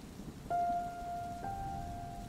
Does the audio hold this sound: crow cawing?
no